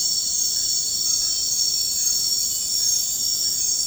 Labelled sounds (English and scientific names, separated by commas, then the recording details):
none
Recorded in dense forest near Puerto Asís, Putumayo, Colombia, on 20 February 2024 at 03:00
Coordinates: 0.472, -76.329
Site G6394